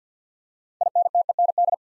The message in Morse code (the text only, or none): INTEND